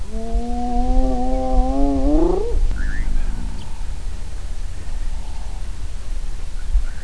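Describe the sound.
Hyena giving one drawn-out whoop that climbs steeply in pitch, then fades into a steady low rumble with faint scattered sounds.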